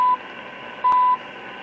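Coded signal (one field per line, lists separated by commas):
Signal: radio time signal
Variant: CHU Canada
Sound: short 1 kHz second ticks, one partly cut, over hissy shortwave static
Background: radio static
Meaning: Each 1 kHz pulse marks the start of a second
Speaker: now it is picking up chu the antenna has an effective aperture at this frequency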